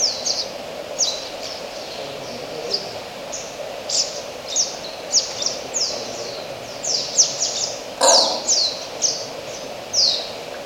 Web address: Oilbird. صدای مرغ روغنی